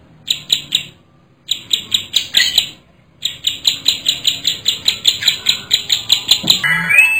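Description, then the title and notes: Bar-winged prinia giving bursts of rapid, high, buzzy repeated notes separated by short silences, ending with a lower rising whistled sound. Adults and young birds, described as singing vigorously. "Kicau Ciblek. putri sherin. suara burung ciblek gacor dan anakan"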